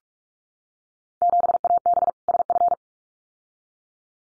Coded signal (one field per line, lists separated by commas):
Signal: Morse code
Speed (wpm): 44 wpm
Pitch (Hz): 700 Hz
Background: none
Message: 7AB SF